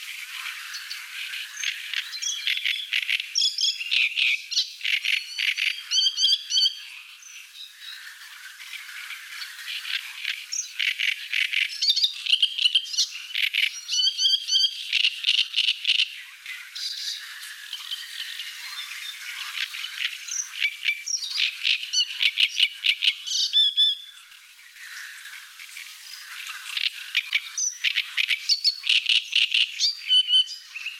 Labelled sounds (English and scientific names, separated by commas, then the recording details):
Great Reed Warbler (Acrocephalus arundinaceus) song
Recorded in the wild
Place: Nagyivan / Hortobagy, HU
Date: 1988-05-06
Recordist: Schwarz, Dieter
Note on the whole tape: Song